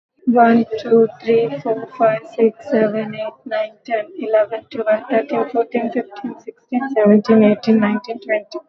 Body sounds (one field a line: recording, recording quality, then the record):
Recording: counting at a fast pace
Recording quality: moderate, slight background noise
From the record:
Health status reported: recovered from COVID-19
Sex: female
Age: 36 years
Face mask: worn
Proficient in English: yes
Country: India